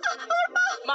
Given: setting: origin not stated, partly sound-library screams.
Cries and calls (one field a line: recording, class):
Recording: one-second piece from a danger detection set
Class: woman in danger